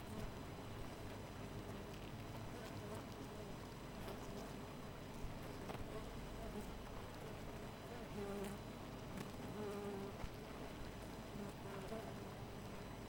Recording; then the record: honeybee colony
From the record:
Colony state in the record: missing queen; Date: 14 July 2017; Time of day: 4:51